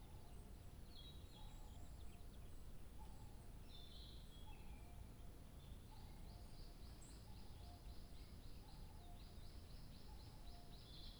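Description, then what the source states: Bird song with short high notes, then a rapid run of repeated chirps in the second half, beside softer lower notes and a constant low background hum. 2 July 2023.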